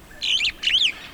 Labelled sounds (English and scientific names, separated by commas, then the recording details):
Superb Starling (Lamprotornis superbus) flight call
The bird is a male
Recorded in Kenya on 10 April 2009 at 15:59
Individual 51, of group MRC1